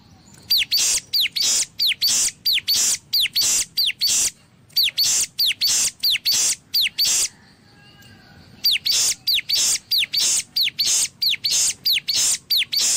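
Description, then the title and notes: Streaked spiderhunter giving rapid bursts of sharp, high, clipped notes in quick succession. A short quiet pause falls midway before the steady bursts resume. Masteran recording for training cage birds; song described as gacor, clear and long. "Pijantung Gunung Gacor Jernih Panjang. Masteran burung"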